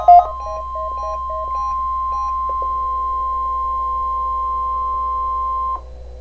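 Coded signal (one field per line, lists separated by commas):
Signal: Emergency Alert System (SAME) tones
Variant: 1050 Hz attention tone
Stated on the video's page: NOAA Weather Radio alert for the 2014 Ohio statewide tornado drill.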